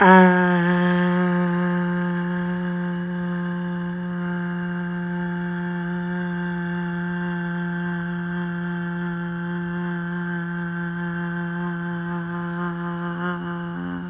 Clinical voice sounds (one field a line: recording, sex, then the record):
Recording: sustained vowel /a/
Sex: female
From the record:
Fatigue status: no fatigue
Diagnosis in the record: COVID-19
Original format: m4a